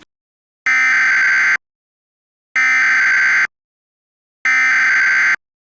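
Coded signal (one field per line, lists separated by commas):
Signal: Emergency Alert System (SAME) tones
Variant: header bursts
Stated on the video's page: Mock EAS tornado warning, simulated rather than a real broadcast alert.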